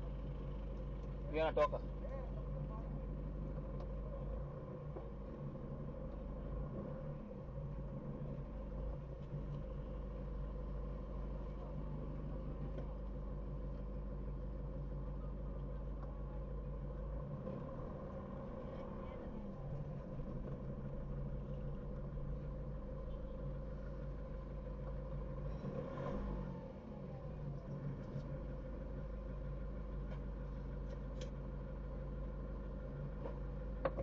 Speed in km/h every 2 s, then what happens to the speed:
0, 0, 0, 0, 0, 0, 0, 0, 0, 2, 5, 4, 2, 0, 0, 0, 0.
0-18 standing. 18-24 steady at about 2. 24-34 standing.